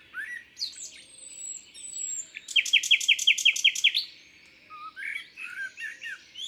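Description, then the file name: Common nightingale singing soft slurred whistles, then a loud run of several evenly repeated notes, then quieter warbling phrases. Recorded in Isère, France. "Rossignol-philomele-Concerts-naturels-de-l Isere-Studio-Les-Trois-Becs"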